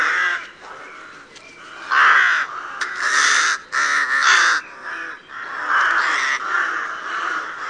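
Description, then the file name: Crow cawing, harsh raspy caws repeated in irregular bursts. "Corvo"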